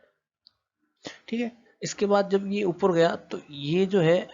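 The operating lever of an opened miniature circuit breaker is moved up, and the internal latch engages and locks the contact mechanism closed with a single short click at 0.5 s. Someone talks afterward.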